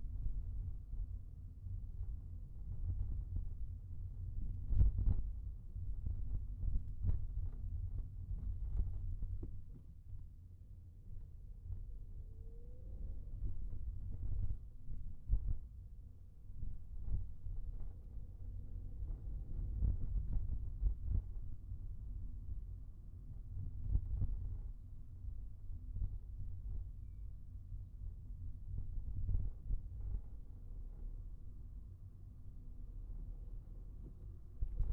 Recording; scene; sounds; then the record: everyday scene through a hearing-aid microphone; in a vehicle; engine, highway traffic jam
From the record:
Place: Skoda Fabia, gasoline engine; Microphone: behind the ear, right, rear